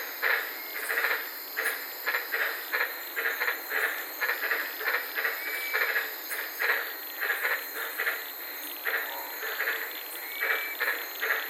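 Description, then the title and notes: White-lipped tree frog chorus of rapid, overlapping barking notes, with a few faint rising whistles and constant high hiss behind. Several frogs calling at night in the Daintree rainforest, Queensland; recorded while sitting in a car. "White Lipped Frog Podcast. I was sitting in my car in the Daintree rainforest in Queensland this night and fell asleep listening to these amazing White lipped frogs"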